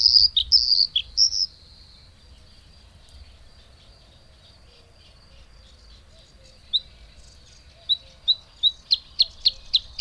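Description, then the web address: Bluethroat song: a burst of loud, varied buzzy phrases, a pause, then soft high notes building into a quick repeated series. "agykontroll Madardalok Cd 3. Kékbegy"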